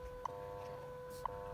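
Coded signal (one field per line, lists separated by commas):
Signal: radio time signal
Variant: WWV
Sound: two short sharp ticks one second apart over a steady low hum-like tone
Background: radio static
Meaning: Each tick marks one second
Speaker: I just go it on the 15 megahertz WWV and so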